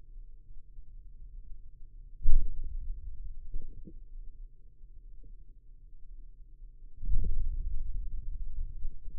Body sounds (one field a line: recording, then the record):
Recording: forearm muscle sounds (acoustic myography)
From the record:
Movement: hand opening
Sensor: system 2, bracelet of six BSWA MPA416 microphones around the upper forearm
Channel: 4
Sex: male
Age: 22 years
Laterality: right